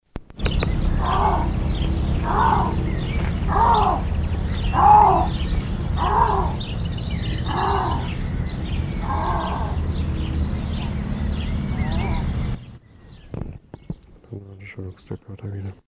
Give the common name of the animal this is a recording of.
Canadian Lynx